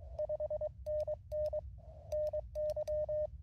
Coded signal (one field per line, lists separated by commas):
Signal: Morse code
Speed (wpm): 22 wpm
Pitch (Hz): 610 Hz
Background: none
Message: 5NN NY